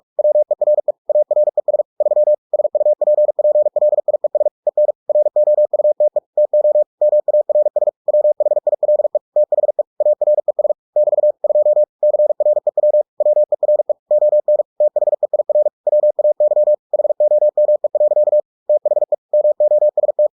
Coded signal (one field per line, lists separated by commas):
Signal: Morse code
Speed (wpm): 46 wpm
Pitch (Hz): 600 Hz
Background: none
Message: WERE ARES 3 SUPPLIES EN ROUTE TO MARS WHILE THE ARES <BT> 2 CREW WERE ON THEIR WAY HOME. THE MOST